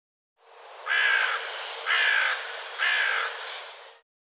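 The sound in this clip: Bird giving three hoarse, cawing calls, each about half a second long, spaced roughly one second apart.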